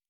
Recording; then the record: hydrophone in a shrimp aquaculture tank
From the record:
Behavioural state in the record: normal